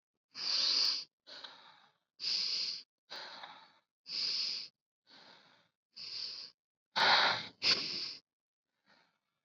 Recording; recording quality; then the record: deep breathing; excellent, no background noise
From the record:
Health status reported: COVID-19 positive, mild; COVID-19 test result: positive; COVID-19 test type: RT-PCR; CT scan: not taken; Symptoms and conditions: cough, fatigue, muscle pain, diabetes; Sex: female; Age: 49 years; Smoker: no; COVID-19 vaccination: both doses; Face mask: worn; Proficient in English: yes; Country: India